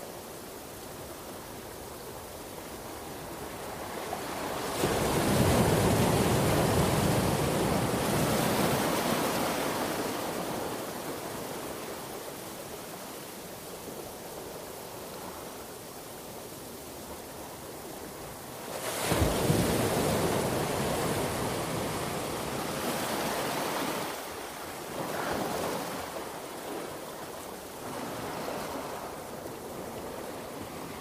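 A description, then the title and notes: Ocean waves roll in with a steady background hiss. A large wave breaks around five seconds and washes out slowly, another crashes near nineteen seconds, and smaller surges follow around twenty-four and twenty-eight seconds. The sound is full, with some wind. Ocean Waves Sleep Sounds White Noise.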